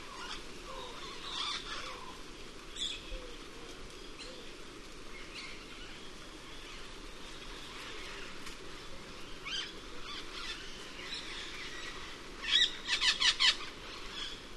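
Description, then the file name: Cuban amazon squawks, a quick run of harsh screeching calls near the end after scattered softer calls. "cuban parrot"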